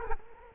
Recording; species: mosquito wingbeat signal from an infrared sensor; Culex quinquefasciatus